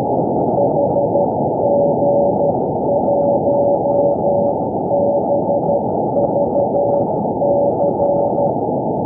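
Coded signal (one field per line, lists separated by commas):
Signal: Morse code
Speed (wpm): 12 wpm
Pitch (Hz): 570 Hz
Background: none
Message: HG1BVC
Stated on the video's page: CW beacon on 70.06 MHz running 10 watts, received about 143 km away.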